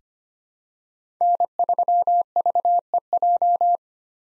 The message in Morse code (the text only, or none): N3VEJ